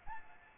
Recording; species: mosquito wingbeat signal from an infrared sensor; Aedes albopictus